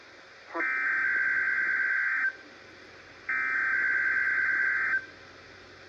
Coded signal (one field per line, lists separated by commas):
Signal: Emergency Alert System (SAME) tones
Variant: header bursts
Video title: [EAS #79] 2022 Tsunami Communications Drill (RMT on WNG655) + Paul Tries Reading Spanish